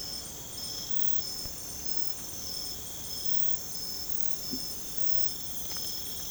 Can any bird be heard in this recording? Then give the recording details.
no. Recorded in secondary vegetation near Puerto Asís, Putumayo, Colombia, on 20 December 2024 at 02:00. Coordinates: 0.468, -76.324. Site G095